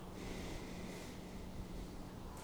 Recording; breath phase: one breath near a microphone; exhalation